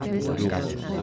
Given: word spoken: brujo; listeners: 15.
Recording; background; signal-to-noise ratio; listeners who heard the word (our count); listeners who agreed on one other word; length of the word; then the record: one Spanish word in noise, from a listening test; eight-talker babble; -2.7 dB; 0 of 15; 6 of 15; 0.62 s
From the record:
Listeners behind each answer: 6, 2, 2, 1, 1, 1, 1, 1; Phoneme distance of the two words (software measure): 44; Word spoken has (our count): 2 syllables, 5 phonemes, stress on syllable 1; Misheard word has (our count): 2 syllables, 5 phonemes, stress on syllable 1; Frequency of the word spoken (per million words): 4.93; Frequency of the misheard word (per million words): 0.54